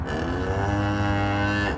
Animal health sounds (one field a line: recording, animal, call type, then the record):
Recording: contact call of a hoofed animal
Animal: cattle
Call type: low-frequency (closed-mouth) or high-frequency (open-mouth) call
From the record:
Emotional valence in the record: negative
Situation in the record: full separation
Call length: 1.79 s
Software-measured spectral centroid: 1930 Hz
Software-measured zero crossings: 1450 a second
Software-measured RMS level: -24 dBFS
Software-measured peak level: -13 dBFS